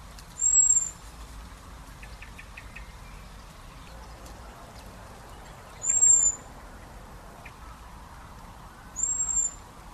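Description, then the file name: Common blackbird calls: three thin, high, level whistles spaced several seconds apart, with faint ticking sounds in between over a steady low hiss. "Turdus merula"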